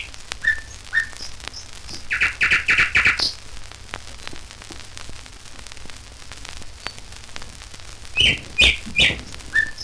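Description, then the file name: Nightingale phrases: a brief whistled pair, a quick burst of repeated rattling notes, then a later run of sharp high notes against steady hiss and clicks. "Solovei s natury"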